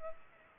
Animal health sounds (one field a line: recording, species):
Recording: mosquito wingbeat signal from an infrared sensor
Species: Culex pipiens